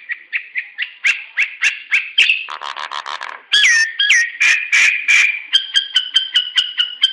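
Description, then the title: Nias hill myna giving a steady series of short whistled notes. A burst of buzzy chatter and a looping whistle break the run. "Burung jalak nias"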